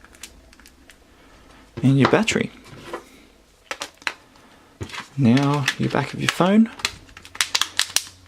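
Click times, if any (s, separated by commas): 7.4 s, 7.6 s, 7.8 s, 8.0 s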